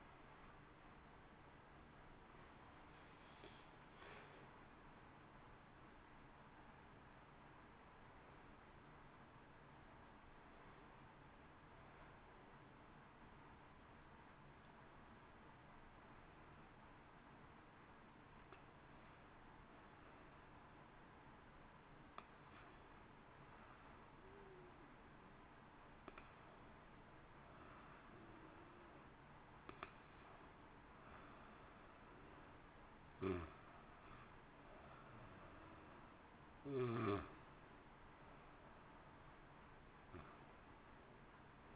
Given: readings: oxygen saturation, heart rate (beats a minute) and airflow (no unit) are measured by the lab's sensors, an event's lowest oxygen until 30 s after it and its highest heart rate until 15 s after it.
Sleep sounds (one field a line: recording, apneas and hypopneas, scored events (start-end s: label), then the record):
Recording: breathing in sleep by a voice recorder at the bedside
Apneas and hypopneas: 1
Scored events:
9.00-36.10 s: hypopnea (N1, oxygen 94% highest, then 89% lowest, heart rate 61 at the start, 61 highest)
From the record:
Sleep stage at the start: N1 (lightest sleep)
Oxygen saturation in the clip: 90 to 94%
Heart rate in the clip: 57 to 61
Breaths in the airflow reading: 12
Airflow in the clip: -1.4 to 1.3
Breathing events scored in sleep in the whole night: 328 in 6.3 hours asleep